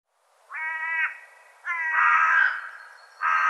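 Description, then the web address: Bird giving three nasal, drawn caws, the second longest and loudest, each about half a second or more. "cianscape birddata"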